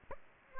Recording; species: mosquito wingbeat signal from an infrared sensor; Aedes aegypti